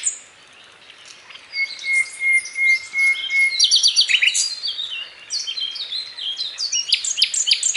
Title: Suara Burung Sikatan Londo Masteran Tembakan Full Speed Rapet